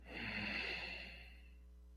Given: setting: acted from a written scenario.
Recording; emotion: vocal sound without words; serenity